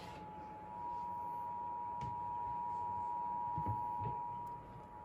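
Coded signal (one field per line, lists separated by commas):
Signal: Emergency Alert System (SAME) tones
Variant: 853 and 960 Hz attention tone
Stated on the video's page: Real child abduction emergency EAS alerts as received.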